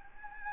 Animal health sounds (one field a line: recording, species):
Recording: mosquito wingbeat signal from an infrared sensor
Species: Anopheles gambiae